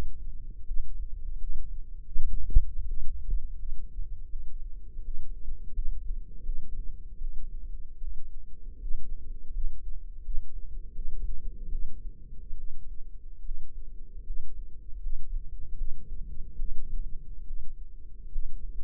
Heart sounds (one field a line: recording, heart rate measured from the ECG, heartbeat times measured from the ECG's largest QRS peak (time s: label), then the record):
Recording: heart sounds by microphone in the left ear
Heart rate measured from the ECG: 79 bpm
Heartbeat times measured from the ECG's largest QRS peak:
0.64 s: heartbeat
1.37 s: heartbeat
2.11 s: heartbeat
2.85 s: heartbeat
3.56 s: heartbeat
4.26 s: heartbeat
5.01 s: heartbeat
5.71 s: heartbeat
6.42 s: heartbeat
7.18 s: heartbeat
7.97 s: heartbeat
8.78 s: heartbeat
9.51 s: heartbeat
10.22 s: heartbeat
10.92 s: heartbeat
11.68 s: heartbeat
12.54 s: heartbeat
13.41 s: heartbeat
14.23 s: heartbeat
14.99 s: heartbeat
15.74 s: heartbeat
16.55 s: heartbeat
17.43 s: heartbeat
18.28 s: heartbeat
18.78 s: heartbeat
From the record:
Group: healthy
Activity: rest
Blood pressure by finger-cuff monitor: 135/76 mmHg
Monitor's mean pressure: 92 mmHg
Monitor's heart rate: 81 bpm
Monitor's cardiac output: 7.2 L/min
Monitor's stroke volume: 89 mL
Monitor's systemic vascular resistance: 930 dyn s/cm5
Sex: female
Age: 22 years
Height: 171 cm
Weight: 65.6 kg